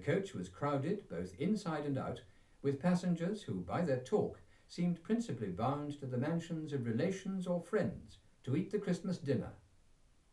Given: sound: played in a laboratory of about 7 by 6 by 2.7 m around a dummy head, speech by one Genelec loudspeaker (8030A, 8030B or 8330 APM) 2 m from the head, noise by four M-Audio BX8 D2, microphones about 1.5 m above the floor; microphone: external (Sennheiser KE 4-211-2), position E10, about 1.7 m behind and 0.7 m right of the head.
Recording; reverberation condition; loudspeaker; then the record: male speech in English; low; 60 degrees to the right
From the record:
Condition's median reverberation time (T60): about 310 ms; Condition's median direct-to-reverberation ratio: about 3.5 dB